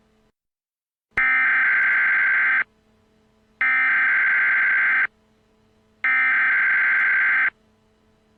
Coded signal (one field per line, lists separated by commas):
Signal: Emergency Alert System (SAME) tones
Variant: header bursts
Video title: [EAS Mock] The Z Virus - New York: Power Outage